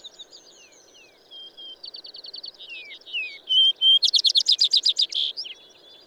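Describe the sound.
Bird song: high whistled downslurred notes and flat tones, then a loud rapid trill of about a dozen buzzy notes, with a steady low hum beneath.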